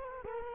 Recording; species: mosquito wingbeat signal from an infrared sensor; Culex quinquefasciatus